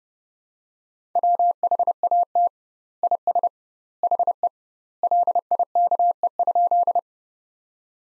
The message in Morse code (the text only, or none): WHAT IS HE LIKE?